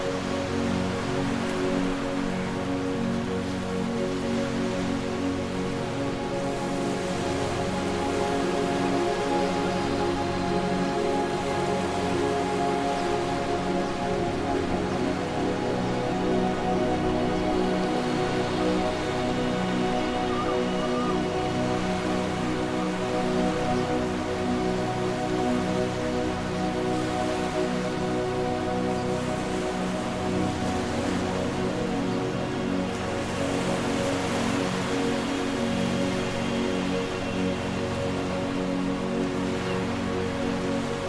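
Gentle ocean waves wash steadily beneath soft instrumental music whose sustained low and mid tones hold throughout. The hiss of water stays constant, swelling brighter around the fifteen- and thirty-three-second marks as larger waves break. Loudness barely changes from start to finish.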